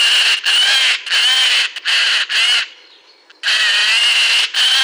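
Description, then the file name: Eurasian jay uttering a rapid series of loud, raspy screeches, about five in quick succession, a brief gap, then two more harsh calls. "Garrulus glandarius"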